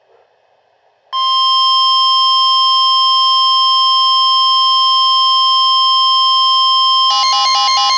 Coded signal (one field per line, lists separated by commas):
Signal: Emergency Alert System (SAME) tones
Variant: 1050 Hz attention tone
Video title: TORRENTIAL DARKNESS - EAS Alerts from 5/22/24 #49-51